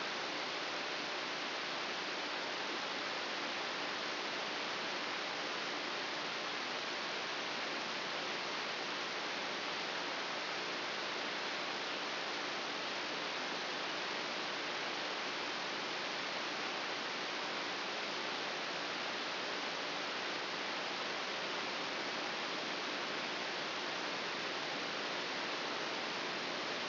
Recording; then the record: brain microelectrode recording played as sound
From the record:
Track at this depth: outside the subthalamic nucleus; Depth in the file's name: 6.201 mm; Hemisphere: right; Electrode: 3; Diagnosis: Parkinson's disease